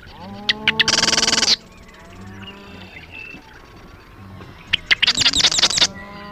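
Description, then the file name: Marsh wren giving a dry, buzzy rattle, then after about three seconds a run of clicking, stuttering notes. Recorded 2 June 2001. "2001-06-02 Marsh Wren Cattle"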